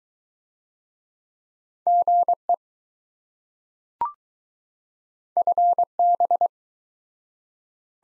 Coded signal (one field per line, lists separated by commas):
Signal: Morse code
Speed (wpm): 20 wpm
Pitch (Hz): 700 Hz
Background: none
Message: GE FB